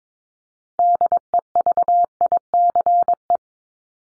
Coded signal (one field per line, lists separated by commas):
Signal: Morse code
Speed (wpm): 22 wpm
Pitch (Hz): 700 Hz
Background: none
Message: DEVICE